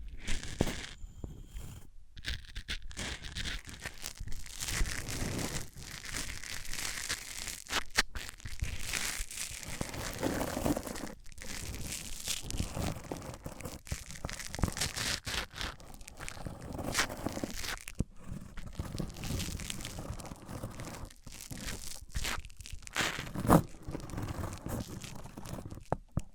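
Materials rubbed and scraped against each other in dense, irregular bursts of crinkly, tearing texture, with brief pauses and sharper scratchy spikes throughout.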